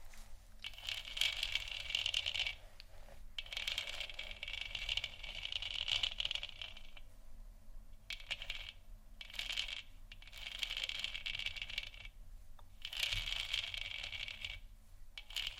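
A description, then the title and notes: Scratching and tapping in bright, gritty bursts of a few seconds each, separated by short pauses, with a low steady hum underneath. ASMR Moon Scratching & Tapping For Sleep（No Talking）.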